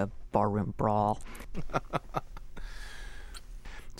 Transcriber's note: laughter